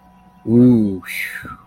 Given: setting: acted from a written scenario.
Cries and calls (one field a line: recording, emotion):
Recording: vocal sound without words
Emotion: serenity